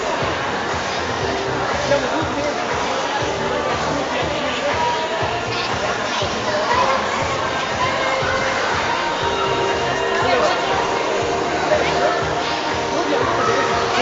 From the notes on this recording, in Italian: Casino durante un laboratorio di bolle di sapone e di alienazione, in un centro commerciale